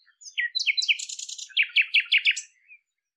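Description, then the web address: Bird song: quick downslurred chirps leading into a dense buzzy passage, then a regular run of five or six sharp notes. "cianscape birddata Deverinetal 2025 Bird Lu Me Lu Me"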